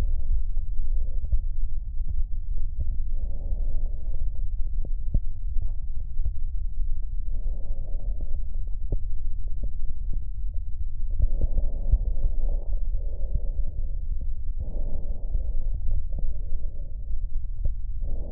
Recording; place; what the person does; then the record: lung sounds by stethoscope; left posterior basal chest; quiet breathing, then deep breathing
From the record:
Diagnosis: interstitial lung disease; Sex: male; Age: 65 years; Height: 161 cm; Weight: 74.6 kg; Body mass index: 28.8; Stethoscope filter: extended mode